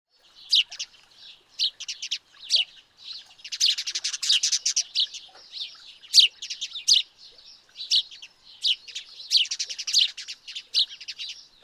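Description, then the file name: House sparrow chirping, a busy run of high, harsh cheeps and short chattering bursts with irregular pauses between them. "Passer domesticus"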